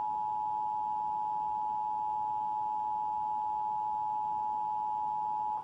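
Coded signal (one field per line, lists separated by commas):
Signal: Emergency Alert System (SAME) tones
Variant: 853 and 960 Hz attention tone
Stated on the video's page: Real Required Monthly Test received on Comcast cable in Indiana.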